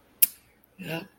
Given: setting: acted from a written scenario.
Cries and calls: vocal sound without words; serenity

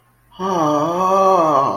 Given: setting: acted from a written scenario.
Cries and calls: vocal sound without words; realization

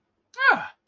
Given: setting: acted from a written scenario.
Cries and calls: vocal sound without words; positive surprise

